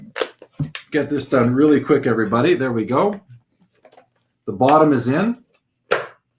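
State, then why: Seated. A shelf piece is pushed into the frame of a small display shelf for graded card slabs while someone talks. After the talk, one sharp, loud snap is heard at 5.9 s as the piece clicks into place and seats.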